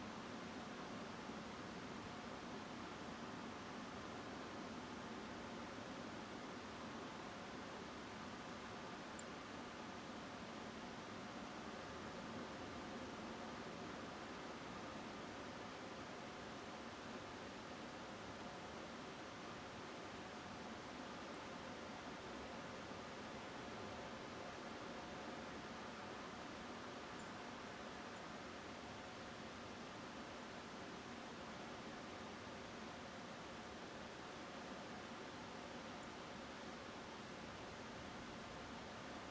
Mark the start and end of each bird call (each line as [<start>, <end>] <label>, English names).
[9.12, 9.21] Song Thrush
[21.33, 21.36] Song Thrush
[27.18, 27.22] Song Thrush
[28.15, 28.19] Song Thrush
[36.02, 36.05] Song Thrush